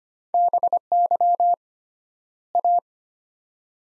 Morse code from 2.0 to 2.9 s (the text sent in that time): A